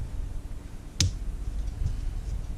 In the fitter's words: Did you hear that click? Listen here.